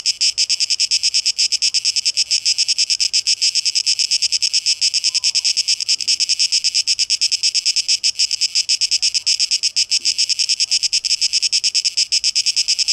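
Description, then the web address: Cicadas buzzing in a harsh, high, continuous drone that pulses rapidly throughout. Tape echo mix of cicadas; recorded 12 August 2023. "rauschpartikel 2023-08-12 Zikaden"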